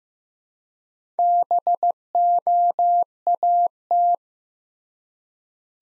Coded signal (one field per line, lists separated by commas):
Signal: Morse code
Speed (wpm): 15 wpm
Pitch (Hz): 700 Hz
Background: none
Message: BOAT